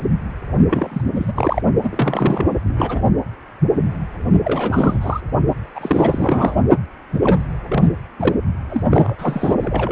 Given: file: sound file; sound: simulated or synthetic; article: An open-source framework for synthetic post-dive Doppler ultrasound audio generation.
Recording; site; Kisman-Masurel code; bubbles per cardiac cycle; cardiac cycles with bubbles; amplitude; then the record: Doppler ultrasound audio after a dive; precordial; 332; rolling drumbeat, over 9; 50–99%; moderate amplitude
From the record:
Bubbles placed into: partial cardiac cycles